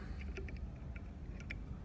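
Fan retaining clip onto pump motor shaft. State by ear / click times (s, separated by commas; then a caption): seated / 1.5 s. A flat-head screwdriver pushes the retaining clip down on a fan that has been pushed back onto a pump AC motor shaft, with a low steady hum underneath. Several light ticks come at about 0.2, 0.4, 0.5 and 1.0 s, then a sharper click at 1.5 s as the clip snaps into the shaft slot. The click shows the clip is seated down in the slot.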